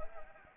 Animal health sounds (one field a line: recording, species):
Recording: mosquito wingbeat signal from an infrared sensor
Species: Anopheles arabiensis